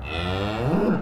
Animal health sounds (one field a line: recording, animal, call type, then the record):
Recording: contact call of a hoofed animal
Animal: cattle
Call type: low-frequency (closed-mouth) or high-frequency (open-mouth) call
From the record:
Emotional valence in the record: negative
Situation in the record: full separation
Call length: 1.02 s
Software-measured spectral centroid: 1510 Hz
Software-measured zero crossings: 1570 a second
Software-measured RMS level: -24 dBFS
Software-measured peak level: -10 dBFS